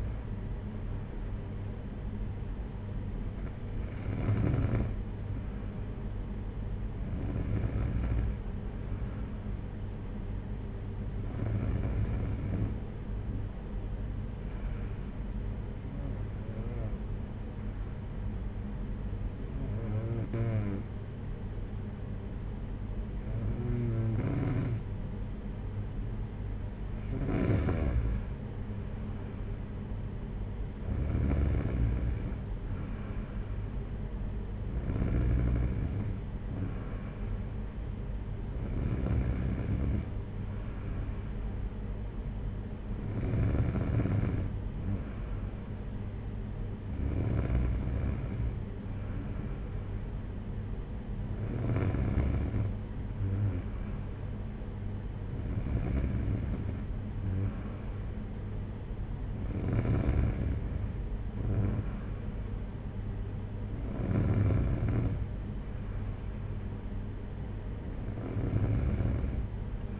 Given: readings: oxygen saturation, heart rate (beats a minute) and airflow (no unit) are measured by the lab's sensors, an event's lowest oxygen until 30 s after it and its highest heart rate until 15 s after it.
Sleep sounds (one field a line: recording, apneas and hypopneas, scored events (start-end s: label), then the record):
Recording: breathing in sleep by a smartphone at the bedside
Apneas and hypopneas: 1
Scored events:
14.00-28.20 s: hypopnea (N2, oxygen 94% highest, then 91% lowest, heart rate 62 at the start, 62 highest)
From the record:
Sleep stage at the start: N2 (light sleep)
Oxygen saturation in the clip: 91 to 94%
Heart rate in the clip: 57 to 63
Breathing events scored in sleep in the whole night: 226 in 8.8 hours asleep